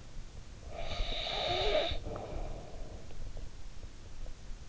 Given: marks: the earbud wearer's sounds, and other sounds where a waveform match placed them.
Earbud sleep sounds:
sounds in sleep by an in-ear microphone; snoring breath
0.49-3.48 s: snoring breath

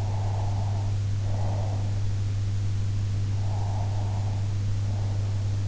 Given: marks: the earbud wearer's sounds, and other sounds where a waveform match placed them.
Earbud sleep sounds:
sounds in sleep by an in-ear microphone; breath
0.00-2.08 s: breath
3.60-5.60 s: breath

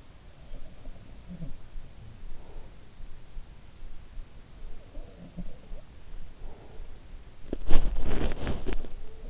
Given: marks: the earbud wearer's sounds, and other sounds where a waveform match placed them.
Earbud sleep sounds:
sounds in sleep by an in-ear microphone; breath, body movement
0.90-2.19 s: sound from someone else or the room
2.29-2.98 s: breath
4.56-6.25 s: sound from someone else or the room
6.39-7.22 s: breath
7.48-9.30 s: body movement

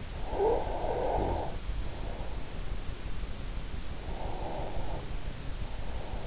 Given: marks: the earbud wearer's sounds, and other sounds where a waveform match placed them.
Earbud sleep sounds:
sounds in sleep by an in-ear microphone; snoring breath, breath
0.10-2.13 s: snoring breath
4.10-6.27 s: breath

